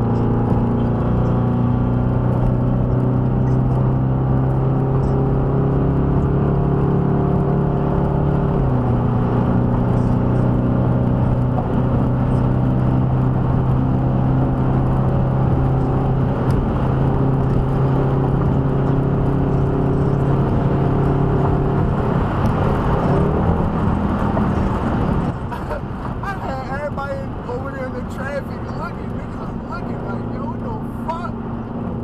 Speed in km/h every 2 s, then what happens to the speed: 156, 166, 175, 185, 192, 195, 201, 208, 209, 212, 217, 214, 203, 193, 188, 182.
0-19 speeds up to 217. 19-32 slows to 182.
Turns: none.